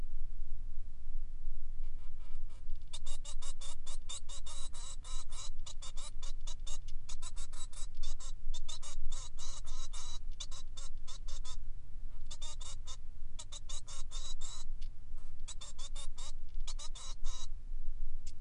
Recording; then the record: song of a male Bengalese finch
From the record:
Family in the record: son of father 3